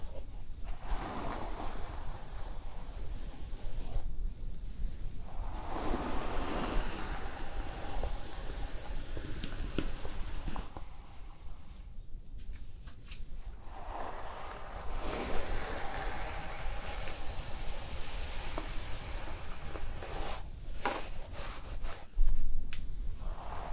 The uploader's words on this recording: ASMR Hair Styling Brushing and Curling w Steam (Layered + No Talking).